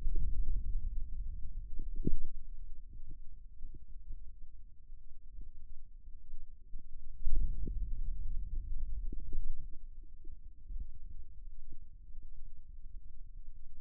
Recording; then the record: forearm muscle sounds (acoustic myography)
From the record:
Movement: radial deviation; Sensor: system 2, bracelet of six BSWA MPA416 microphones around the upper forearm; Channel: 2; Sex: male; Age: 22 years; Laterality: right